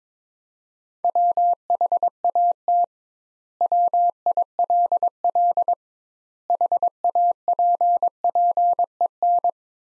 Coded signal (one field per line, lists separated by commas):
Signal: Morse code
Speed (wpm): 22 wpm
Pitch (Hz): 700 Hz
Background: none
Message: WHAT WILL HAPPEN